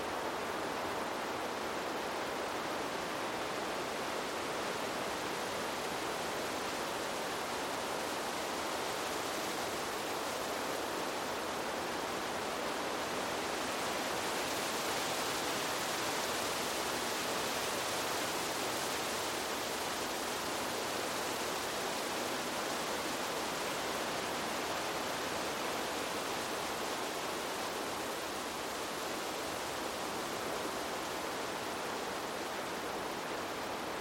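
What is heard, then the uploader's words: Wind moves through trees, making a steady, dense rush of rustling leaves that holds at an even level for the whole stretch. The hiss is bright and full, with little low rumble, and around the middle it swells slightly before settling back. Relaxing Wind In Trees, Rustling Leaves & Nature Sounds In A Majestic Forest. The soothing sound of the wind and rustling leaves.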